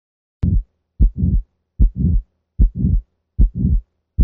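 Steady beats near 75 a minute, each a sharp sound trailed by a long whooshing murmur, heard by stethoscope over the aortic area of a boxer dog.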